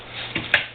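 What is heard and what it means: A motorcycle gearbox's shift linkage is moved by hand, giving a soft mechanical tick at 0.4 s and then a sharp, louder click at 0.5 s as the transmission drops into third gear. The gear is confirmed seated in third.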